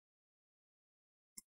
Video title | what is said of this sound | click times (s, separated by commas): Why RAM Upgrade is Not Possible on Dell Latitude 7440 (B8RHFY3) P174G Laptop | and you want to hear those click sounds so that the clips are getting loose | 1.4 s